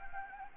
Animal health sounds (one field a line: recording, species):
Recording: mosquito wingbeat signal from an infrared sensor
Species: Anopheles gambiae